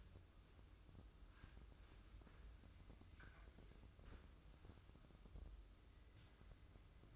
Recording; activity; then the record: daily activity, microphone in the room; wipe stove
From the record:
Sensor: 2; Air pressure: 995.9 hPa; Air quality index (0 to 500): 90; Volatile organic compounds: 4 ppm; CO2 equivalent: 1642 ppm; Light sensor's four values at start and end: 22/74/29/27 and 22/74/29/27